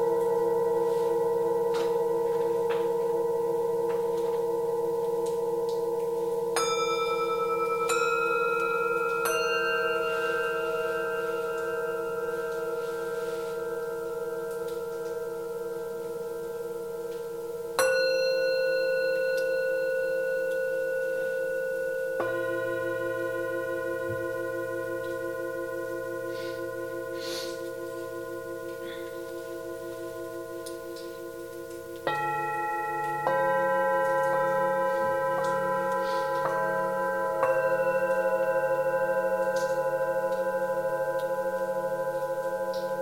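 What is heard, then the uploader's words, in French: Tibetan singing bowls ring in long, sustained overlapping tones, with new strikes near 7, 18, 22 and 32 seconds, plus a low pulsing hum. Concert de bols tibetains dans une grotte.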